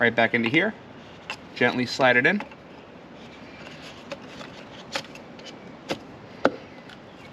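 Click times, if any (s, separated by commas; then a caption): 6.4 s. A new oil filter element, for an MK7 Golf R, is gently slid into its filter housing cap. Someone talks at the start, then a few quiet contact ticks follow before a sharp click at 6.4 s as the element seats in the cap.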